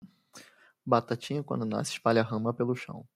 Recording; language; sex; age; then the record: short text; Brazilian Portuguese; male; 20 to 29 years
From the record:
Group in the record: control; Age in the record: 28 years